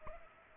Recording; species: mosquito wingbeat signal from an infrared sensor; Aedes aegypti